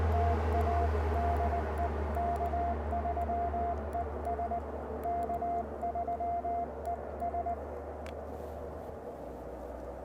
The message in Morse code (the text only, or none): TA DE K3ES K3ES